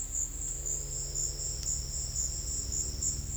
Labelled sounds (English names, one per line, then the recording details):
Silvered Antbird
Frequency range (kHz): Silvered Antbird 4.6-5.9 kHz
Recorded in dense forest near Puerto Asís, Putumayo, Colombia, on 19 February 2024 at 15:00
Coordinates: 0.485, -76.322
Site G6406